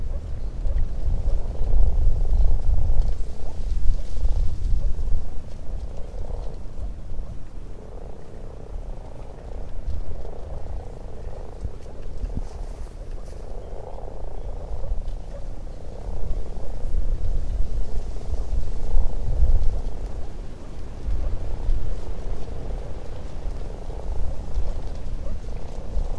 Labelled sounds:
Common Frog (Rana temporaria) call
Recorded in the wild
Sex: male
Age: adult
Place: Warsow, Kummerower See, Mecklenburg-Vorpommern, DE
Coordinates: 53.8375, 12.8322
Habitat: lake
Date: 2012-03-29 21:00
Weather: 10°C, clear, moderate winds
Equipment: Sound Devices 702, Sennheiser MKH 415 T, Rhode Windschutz
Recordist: Frommolt, Karl-Heinz

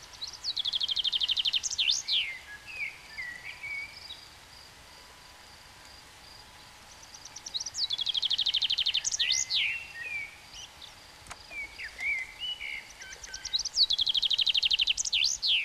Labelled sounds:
Common Chaffinch (Fringilla coelebs) song
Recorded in the wild
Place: Grindelwald, Bern, CH
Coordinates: 46.6372, 8.04417
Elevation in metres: 1351
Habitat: mountains
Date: 1979-06-07
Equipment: Uher 4000 Report, Sennheiser MKH 815 T
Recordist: Tretzel, Erwin

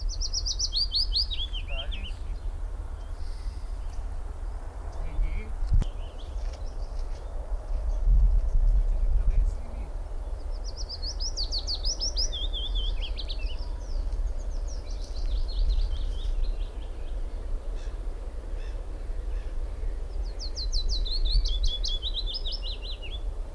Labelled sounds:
Willow Warbler (Phylloscopus trochilus)
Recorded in the wild
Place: Karower Teiche, Naturpark Barnim, Berlin, DE
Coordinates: 52.6222, 13.4597
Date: 1996-04-21 12:57
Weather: heiter
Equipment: Sony MD-WM MZ-R3, Sennheiser MKH 416 T, Kopie Uher 4000 Report Monitor
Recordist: Tembrock, Günter
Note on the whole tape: Gesang

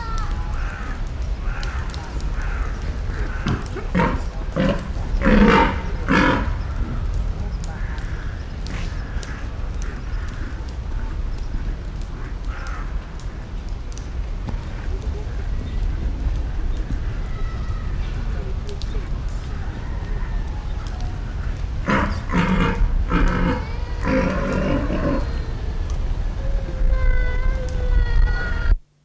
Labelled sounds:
Père David's Deer (Elaphurus davidianus)
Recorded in captivity
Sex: pair
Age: adult
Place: Zoo Berlin, Berlin, DE
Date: 1993-07-17 12:01
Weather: cloudy, 22 °C
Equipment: Marantz CP 430, Sennheiser ME 80, Kopie Uher Variocord 263
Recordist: Tembrock, Günter
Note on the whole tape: Männchen: Brunftlaute, Weibchen z.T. treibend (diverse helle Langlaute), dazu Gelenkknacken

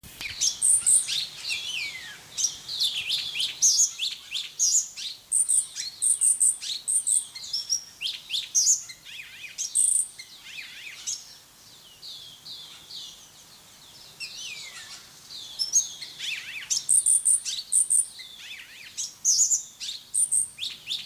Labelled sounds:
Orange-bellied Leafbird (Chloropsis hardwickii) song
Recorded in captivity
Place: Zoo Berlin, Berlin, DE
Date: 2003-09-26 17:00
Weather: fair, 16-17°C
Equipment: Fair Mate ST-1328 (Asahi Electronics, Japan), Sennheiser ME 80, Kopie Uher 4000 Report Monitor
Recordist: Tembrock, Günter

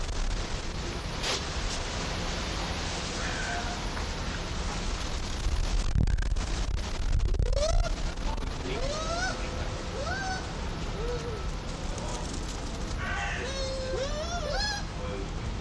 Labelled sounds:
Bush Dog (Speothos venaticus)
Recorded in captivity
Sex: pair
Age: adult
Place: Zoo Berlin, Berlin, DE
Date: 1992-11-07 12:20
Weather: bedeckt, 14°C
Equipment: Marantz CP 430, Sennheiser ME 80, Kopie Tesla B 116
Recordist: Tembrock, Günter

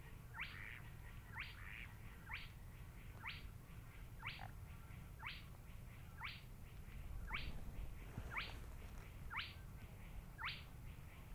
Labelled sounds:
Spotted Crake (Porzana porzana)
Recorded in the wild
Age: adult
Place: Schwedt/Oder, Nationalpark Unteres Odertal, Brandenburg, DE
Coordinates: 53.1325, 14.353
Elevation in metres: 1
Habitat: wetland
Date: 2015-04-21 21:17
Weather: clear, 8°C, almost windless
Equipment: Sound Devices 702, Sennheiser MKH 70, Rycote Windschutz
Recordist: Frommolt, Karl-Heinz

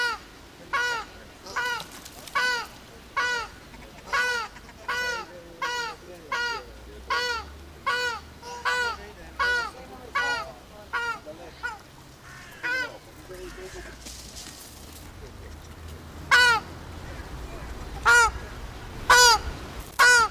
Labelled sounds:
Ruddy Shelduck (Tadorna ferruginea) call
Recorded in captivity
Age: adult
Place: Zoo Berlin, Berlin, DE
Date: 2002-09-04 13:04
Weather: sunny, 24°C
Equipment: Nagra SN, Kopie Uher 4000 Report Monitor
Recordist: Tembrock, Günter

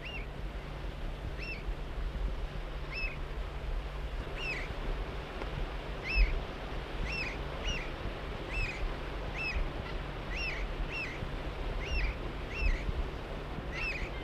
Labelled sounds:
Eurasian Bullfinch (Pyrrhula pyrrhula) call
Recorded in the wild
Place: Meisendorf, Niedersachsen, DE
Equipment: Halbspur, 9,5 cm/s
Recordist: Lütgens, Hans

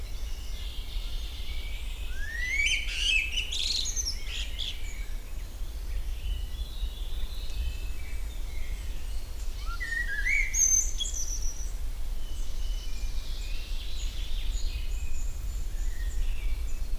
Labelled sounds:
Common Blackbird (Turdus merula) song
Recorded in the wild
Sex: male
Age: adult
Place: Lübars (Fließtal), Berlin, DE
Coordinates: 52.6167, 13.35
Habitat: forest
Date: 1999-05-30 12:55
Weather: fair, 26°C
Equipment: Sony MD-WM MZ-R3, Sennheiser ME 80, Kopie Uher 4000 Report Monitor
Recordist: Tembrock, Günter
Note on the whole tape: Gesang, im Kindelwald

